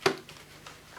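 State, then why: Not seated. The main handle of a Bosch Athlet Pro Animal cordless upright vacuum cleaner is pressed into the vacuum body. A sharp knock comes at the start, followed by two faint taps around 0.3 and 0.7 seconds. The handle has not clicked into place, though it is held securely because the little release button has popped out.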